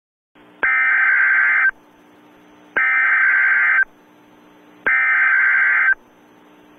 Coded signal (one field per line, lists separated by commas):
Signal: Emergency Alert System (SAME) tones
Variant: header bursts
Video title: Mock EAS Severe Thunderstorm Warning - WITH MY VOICE!!!